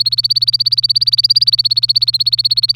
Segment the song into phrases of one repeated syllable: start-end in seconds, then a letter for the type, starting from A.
0.00-2.75 A